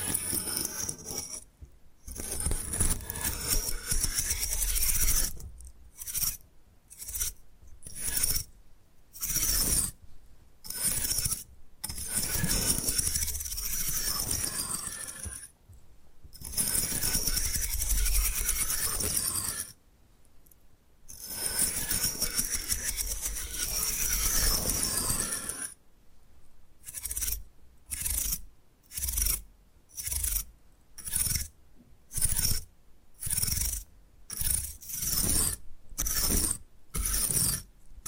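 Scratching and brushing on bamboo comes in dry, hissy strokes broken by short silences. Long rasping passes fill the first twenty-five seconds, then the sound turns into quick, evenly spaced bursts, like rapid strokes or taps, until the end.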